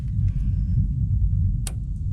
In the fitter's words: And hear it click.